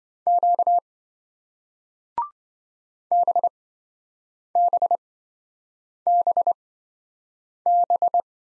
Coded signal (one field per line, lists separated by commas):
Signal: Morse code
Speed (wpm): 27 wpm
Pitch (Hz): 700 Hz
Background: none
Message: Q BBBB